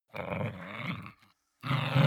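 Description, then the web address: Chihuahua snarling: harsh, raspy, low growls in two bursts, the first about a second long, then a short silence before a louder second burst. Snarling during a fight. "soundpool geraeusche natur-tiere hunde"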